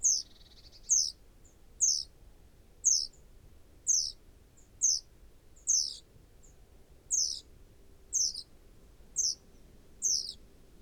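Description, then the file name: Great tit uttering a steady series of high, thin falling calls, about one per second, while a faint low hum continues beneath. "Parus major"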